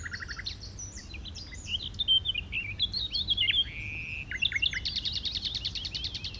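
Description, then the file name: Common nightingale song of quick varied chirps and slurred whistles, ending in a rapid, even series of clicking notes. "Luscinia megarhynchos"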